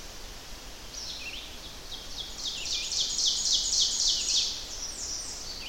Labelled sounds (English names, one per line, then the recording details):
Ovenbird song
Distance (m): 20 m
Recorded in boreal forest in Alberta, Canada, on 10 June 2016 at 06:56
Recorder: SongMeter 3, array SBT-3-39
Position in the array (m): 196 m, 89 m
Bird 17